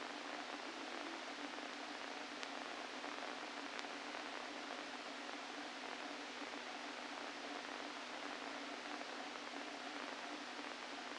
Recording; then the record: brain microelectrode recording played as sound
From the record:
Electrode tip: inside the subthalamic nucleus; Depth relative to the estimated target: 1 mm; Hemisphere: left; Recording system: NeuroSet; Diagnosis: Parkinson's disease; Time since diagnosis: 13 years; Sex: male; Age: 49 years